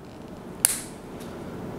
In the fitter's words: hear the click there so that's basically all back together and then